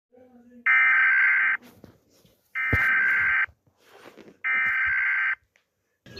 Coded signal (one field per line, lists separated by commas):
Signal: Emergency Alert System (SAME) tones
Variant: header bursts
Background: speech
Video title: Kutstats EAS Alarm